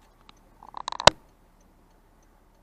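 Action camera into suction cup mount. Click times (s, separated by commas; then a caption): 1.1 s. An Akaso Brave 4 action camera is pushed into its free plastic suction-cup mount, with a faint tick at 0.3 s and a run of light plastic ticks and rattles from about 0.6 to 1.0 s. A sharp snap lands at 1.1 s, followed by quiet. The camera seats only partly: it doesn't snap in well and doesn't hold well.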